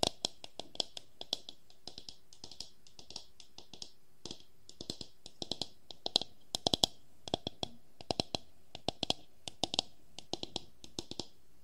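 Wooden objects tap in quick, uneven clusters of sharp, bright clicks, some louder, continuing steadily through the whole stretch over a quiet background.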